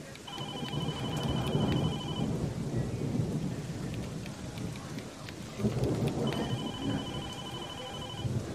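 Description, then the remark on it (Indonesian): Steady late-afternoon rain hisses across the whole stretch while deep thunder rumbles roll underneath, swelling twice. A faint electronic beeping tone pulses briefly at the start and again near the end. “Dan tak lama hujan mulai turun.”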